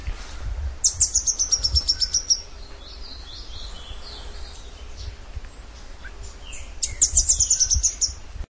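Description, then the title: Rufous-headed tanager song: a very high, thin run of rapid notes slipping downward, given twice about six seconds apart, with softer bird calls in the background. "LuckyPassaro Completos2Sama. Rufous-headed Tanager (Hemithraupis ruficapilla)"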